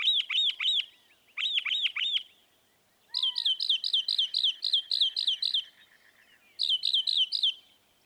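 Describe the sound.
Northern mockingbird song: clear slurred whistled phrases repeated in sets of three, then a quick run of high chips, then more swept whistles.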